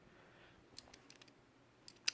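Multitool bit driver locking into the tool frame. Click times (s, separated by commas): 2.1 s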